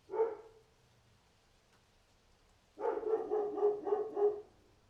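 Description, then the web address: Dog barks once, falls quiet for over two seconds, then lets out a rapid burst of several barks. "animals dog barking"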